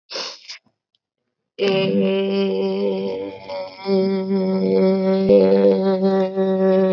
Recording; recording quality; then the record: sustained vowel as in made; excellent, no background noise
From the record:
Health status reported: COVID-19 positive, mild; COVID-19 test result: positive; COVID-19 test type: RT-PCR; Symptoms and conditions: cough, cold, sore throat, muscle pain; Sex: female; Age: 26 years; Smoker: yes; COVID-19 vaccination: both doses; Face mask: not worn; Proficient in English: yes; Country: India